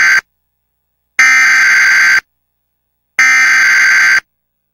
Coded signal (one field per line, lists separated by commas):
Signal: Emergency Alert System (SAME) tones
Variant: header bursts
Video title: Emergency Alert System Tornado Warning Forecast 2/29/11